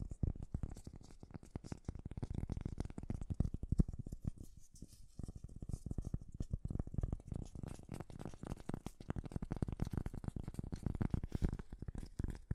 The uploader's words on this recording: ASMR 3D Fast Tapping.